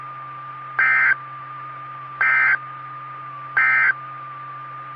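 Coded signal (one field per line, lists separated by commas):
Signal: Emergency Alert System (SAME) tones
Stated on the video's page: SAME alert tones heard over a SKYWARN amateur repeater on 147.120 MHz.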